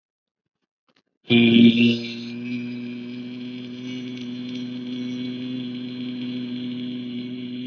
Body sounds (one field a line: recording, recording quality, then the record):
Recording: sustained vowel as in beet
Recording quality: excellent, no background noise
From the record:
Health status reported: COVID-19 positive, mild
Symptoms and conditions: none ticked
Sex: male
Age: 23 years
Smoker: not ticked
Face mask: not worn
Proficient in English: yes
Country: India